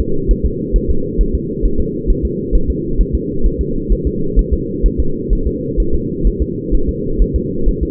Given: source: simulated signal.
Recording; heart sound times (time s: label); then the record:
fetal heart sounds
0.00 s: S2
0.31 s: S1
0.46 s: S2
0.76 s: S1
0.91 s: S2
1.21 s: S1
1.35 s: S2
1.66 s: S1
1.80 s: S2
2.10 s: S1
2.25 s: S2
2.55 s: S1
2.70 s: S2
3.01 s: S1
3.15 s: S2
3.46 s: S1
3.61 s: S2
3.92 s: S1
4.07 s: S2
4.39 s: S1
4.53 s: S2
4.86 s: S1
5.00 s: S2
5.33 s: S1
5.47 s: S2
5.80 s: S1
5.95 s: S2
6.27 s: S1
6.42 s: S2
6.75 s: S1
6.89 s: S2
7.22 s: S1
7.36 s: S2
7.69 s: S1
7.83 s: S2
From the record:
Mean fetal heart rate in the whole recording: 130 bpm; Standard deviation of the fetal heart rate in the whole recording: 2 bpm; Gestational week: 36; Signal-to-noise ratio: -8.1 dB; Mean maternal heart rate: 72 bpm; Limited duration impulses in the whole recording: absent